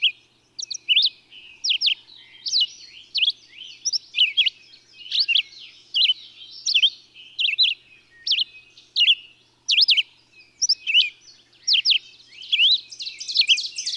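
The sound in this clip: Bird song pouring out as a fast run of high chirps and swooping whistles, with buzzy twittering growing denser toward the end.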